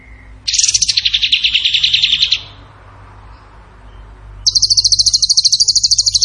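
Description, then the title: Bird singing high, rapid buzzy trills: a two-second descending trill, a pause, then a higher, very even trill of fast pulses. Bird song in the gacor tembakan style, for masteran (training). "Masteran Burung Tembakan Gacor"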